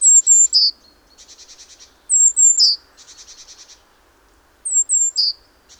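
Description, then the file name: Great tit: high thin falling note pairs ending in a sharp lower note, three times, the first two followed by a rhythmic buzzy churr of several pulses. "Parus major"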